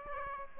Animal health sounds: mosquito wingbeat signal from an infrared sensor; Aedes aegypti

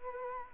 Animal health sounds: mosquito wingbeat signal from an infrared sensor; Culex quinquefasciatus

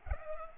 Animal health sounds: mosquito wingbeat signal from an infrared sensor; Culex pipiens

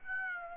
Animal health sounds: mosquito wingbeat signal from an infrared sensor; Aedes aegypti

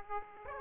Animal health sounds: mosquito wingbeat signal from an infrared sensor; Aedes aegypti

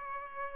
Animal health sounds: mosquito wingbeat signal from an infrared sensor; Aedes aegypti

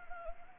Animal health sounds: mosquito wingbeat signal from an infrared sensor; Anopheles gambiae

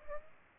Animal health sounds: mosquito wingbeat signal from an infrared sensor; Aedes aegypti

